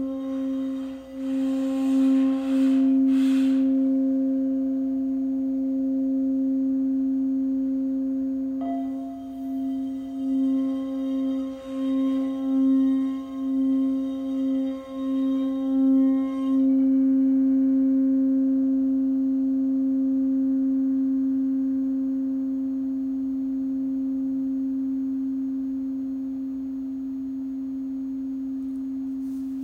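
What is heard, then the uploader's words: A sound bath of singing bowls: one low, steady ringing tone holds through the whole thirty seconds, with a higher overtone above it. Near the start, and again around nine seconds, soft strikes or rubs add brighter shimmering layers that swell and slowly fade. This is a LIVE 60 minute Sound Bath recorded at Common Bond Yoga in Springfield, OR.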